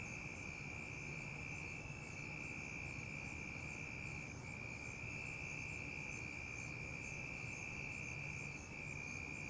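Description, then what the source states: Crickets singing, a continuous high, even trill that never pauses. Crickets in a tree at night.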